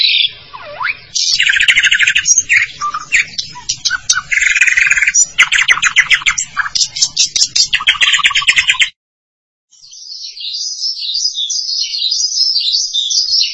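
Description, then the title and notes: Starling song, a varied chatter of harsh rattles, buzzy bursts and a dipping whistle, then after a short pause a continuous high, rapid warbling. "suara burung jalak"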